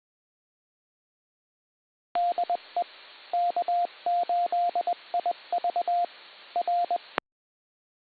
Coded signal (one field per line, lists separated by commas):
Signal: Morse code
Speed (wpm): 20 wpm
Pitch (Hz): 700 Hz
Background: radio noise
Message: DE K8IV R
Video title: PCARS - K8BF Thursday Evening 2 meter net. 146.895 MHz PL tone 118.8, 8:00 PM, 10-2-25